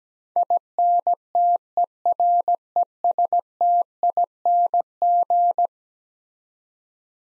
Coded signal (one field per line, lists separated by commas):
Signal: Morse code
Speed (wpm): 17 wpm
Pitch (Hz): 700 Hz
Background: none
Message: INTERESTING